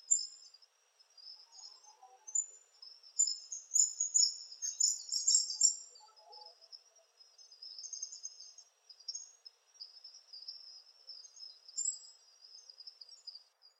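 Palm tanager calling in high, thin squeaky twitters, loudest in the middle, then softer scattered chips trailing off, with a few faint lower notes.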